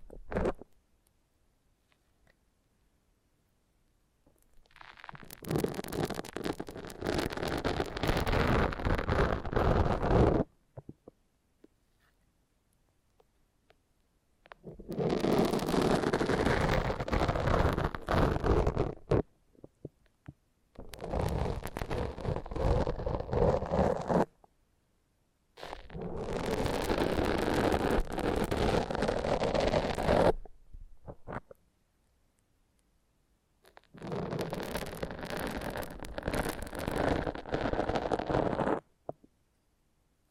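Foam massage: bursts of dense, rough rubbing and squeaking, each lasting four to five seconds, come at about 5, 15, 20, 26 and 34 seconds. Between them the sound drops to near silence. The rubbing is gritty and full, with a faint high whine on top.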